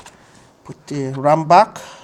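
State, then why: Not seated. A memory module is handled as it goes back into its motherboard slot while someone talks. The module has not seated yet, and no click has been heard.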